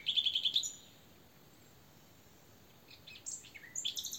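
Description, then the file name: Common nightingale song: a rapid trill of repeated high notes, a pause, then a burst of varied sharp whistles and falling slurs. "Luscinia megarhynchos"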